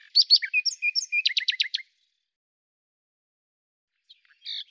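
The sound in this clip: Common nightingale song: a quick mix of whistled and chirped notes followed by a rapid run of repeated sharp notes, then silence and a faint brief phrase.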